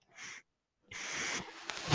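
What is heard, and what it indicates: A home mechanical ventilator cycling: a brief breathy airflow burst, a gap of silence, then a longer hissing broadband airflow rich in high frequencies with a soft click near the end.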